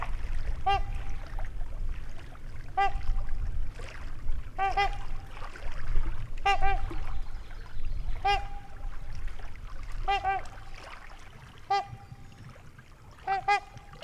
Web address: Wisconsin 2019 Trumpeter Swan Trumpets near Lake V